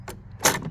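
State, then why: Seated. A lawn mower handle is tilted all the way down until a pin drops into a small locking hole on the deck bracket. A faint knock sounds at 0.1 s, then a strong knock at 0.5 s as the pin seats and the handle locks in position, followed by a softer rattle.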